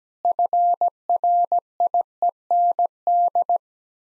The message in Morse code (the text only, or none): FRIEND